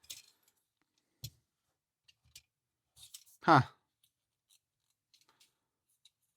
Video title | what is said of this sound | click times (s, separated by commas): Condor - M.A.S.K.- Loyal Subject - Unboxing & Review | This part does not appear to lock into place at all, though. | none